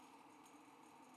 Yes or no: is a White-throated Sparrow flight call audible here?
no